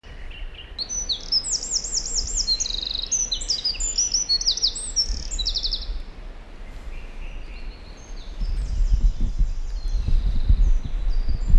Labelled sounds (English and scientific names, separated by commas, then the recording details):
Eurasian Wren (Troglodytes troglodytes) song
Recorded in the wild
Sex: male
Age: adult
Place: Krakow am See, Mecklenburg-Vorpommern, DE
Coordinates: 53.6533, 12.2983
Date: 2004-05-15
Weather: overcast, 10°C, moderate to strong winds
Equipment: Tascam DA-P1, Sennheiser MKH 70, Windkorb
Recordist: Frommolt, Karl-Heinz
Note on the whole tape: Nähe Großer Schwerin, Pappelbestand: Gesang. Tier nicht gesehen. Entfernung ca. 20 m